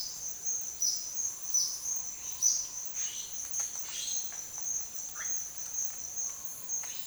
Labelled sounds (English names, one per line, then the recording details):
Olive-faced Flatbill
Blue-headed Parrot
Russet-backed Oropendola
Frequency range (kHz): Olive-faced Flatbill 3.4-6.4 kHz; Blue-headed Parrot 0.6-9.7 kHz; Russet-backed Oropendola 0.8-2.5 kHz
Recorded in dense forest near Puerto Asís, Putumayo, Colombia, on 21 February 2024 at 07:30
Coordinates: 0.502, -76.326
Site G6460